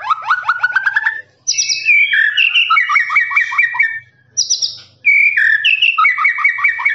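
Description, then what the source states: Lovebird trilling song, rapid stuttering notes climbing in pitch, then squeaky chirps and rolling trills repeated after two short pauses. Long trilling "ngekek" song, used as a master recording for training birds.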